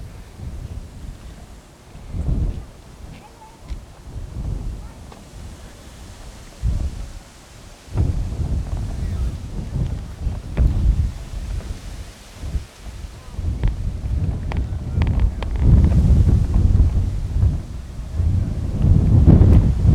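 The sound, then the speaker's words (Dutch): Strong wind buffets the microphone in loud, irregular gusts during a live outdoor broadcast at Schiphol, Netherlands, producing deep rumbling bursts and roaring pops that swell and drop throughout, heaviest in the second half. “We zijn weer live, maar Jezus Christus, wat een wind.”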